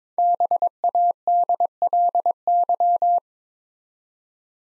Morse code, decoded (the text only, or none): BADLY